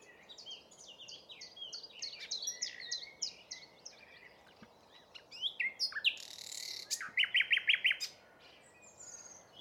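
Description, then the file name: Common nightingale song: varied phrases of short whistled and chirped notes, a harsh buzzy burst, then a fast series of loud repeated clicking notes. "Luscinia megarhynchos"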